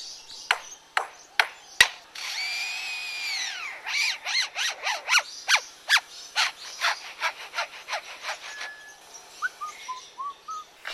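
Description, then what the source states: Superb lyrebird mimicry: sharp clicks and snaps, a drawn-out tonal wail, then a run of rasping mechanical strokes, followed by a few short whistled notes. Australian mimic of other birds and environmental sounds including humans; this one lived near a construction site, mimicking children, cameras and techno beats.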